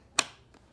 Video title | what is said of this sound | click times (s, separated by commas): SEBO SOFTCASE CE12 How To Assemble & FAQ | You Hear The Click tuck everything in | 0.2 s